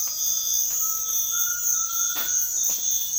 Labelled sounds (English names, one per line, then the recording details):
Undulated Tinamou
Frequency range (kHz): Undulated Tinamou 0.8-2.3 kHz
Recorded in dense forest near Puerto Asís, Putumayo, Colombia, on 18 February 2024 at 06:00
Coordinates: 0.496, -76.326
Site G6383